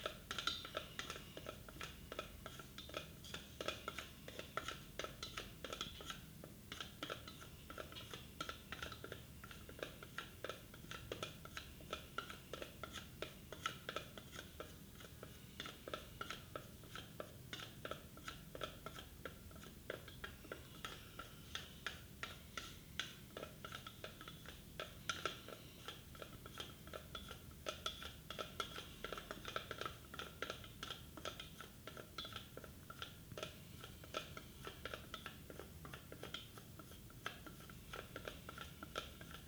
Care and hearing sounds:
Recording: daily activity, guitar pickup as the sensor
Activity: fry

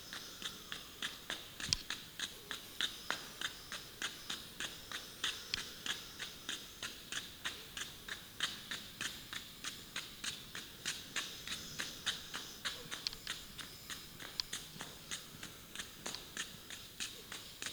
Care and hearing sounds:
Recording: daily activity, guitar pickup as the sensor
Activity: run

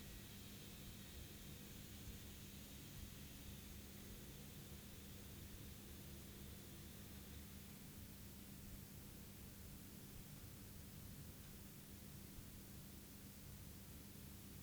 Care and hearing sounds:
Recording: daily activity, guitar pickup as the sensor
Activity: sit

